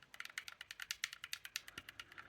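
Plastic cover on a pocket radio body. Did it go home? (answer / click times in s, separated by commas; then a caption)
no / none. The plastic battery cover of a Retekess V115 pocket radio is moved back and forth on the radio body, producing a quick series of light, high-pitched plastic taps and rattles. It never latches: no locking click is heard, and the cover does not lock in place.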